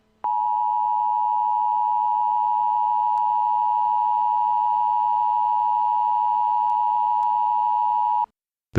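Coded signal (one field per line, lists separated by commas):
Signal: Emergency Alert System (SAME) tones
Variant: 853 and 960 Hz attention tone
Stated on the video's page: Mock alert about an unknown threat, possibly containing valid tones.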